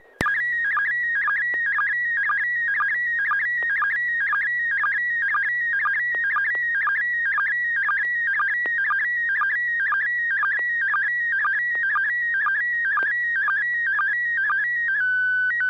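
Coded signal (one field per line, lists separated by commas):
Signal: SSTV (slow-scan television)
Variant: PD 120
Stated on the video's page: SSTV net on a 441.300 MHz FM repeater in Sacramento, California, sent with MMSSTV software.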